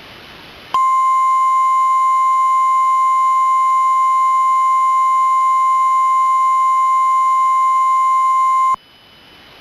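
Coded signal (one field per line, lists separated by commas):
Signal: Emergency Alert System (SAME) tones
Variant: 1050 Hz attention tone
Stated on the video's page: Recreation of a tornado warning alert.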